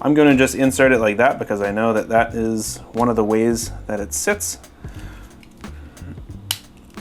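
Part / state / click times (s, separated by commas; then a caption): antenna module into handheld radio transmitter / seated / 6.5 s. An external antenna module is pushed back into the bay of a Radiomaster Pocket handheld FPV radio transmitter in the correct orientation while someone talks over music. It clicks into place at 6.5 s and then pivots, seated.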